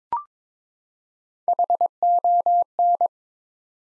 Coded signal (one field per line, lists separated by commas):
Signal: Morse code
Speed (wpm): 22 wpm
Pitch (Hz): 700 Hz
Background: none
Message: HON